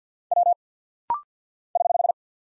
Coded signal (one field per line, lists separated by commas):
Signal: Morse code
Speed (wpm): 50 wpm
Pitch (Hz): 700 Hz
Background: none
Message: W <HH>